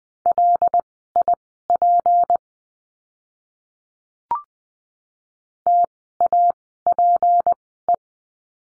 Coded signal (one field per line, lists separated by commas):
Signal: Morse code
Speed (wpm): 20 wpm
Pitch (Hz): 700 Hz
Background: none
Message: LIP TAPE